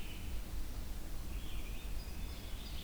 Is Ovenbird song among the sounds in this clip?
no